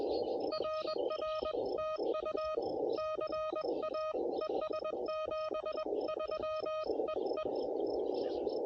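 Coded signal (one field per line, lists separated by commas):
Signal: Morse code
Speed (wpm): 21 wpm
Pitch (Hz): 1250 Hz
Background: none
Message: RR TU CA ES 73 EE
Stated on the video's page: CW Parks on the Air activation using an Elecraft KH1.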